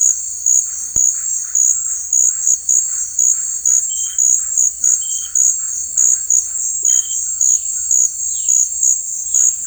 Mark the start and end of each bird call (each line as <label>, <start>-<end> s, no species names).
bird call, 0.64-9.57 s